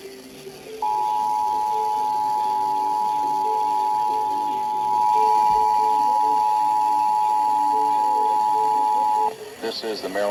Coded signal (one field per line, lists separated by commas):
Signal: Emergency Alert System (SAME) tones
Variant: 853 and 960 Hz attention tone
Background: speech